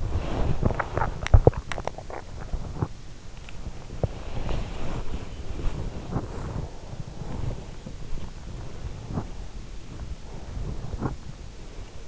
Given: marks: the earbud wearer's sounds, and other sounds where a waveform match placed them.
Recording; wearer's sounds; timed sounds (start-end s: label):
sounds in sleep by an in-ear microphone; body movement, swallowing
0.00-12.08 s: body movement
1.81-2.91 s: swallowing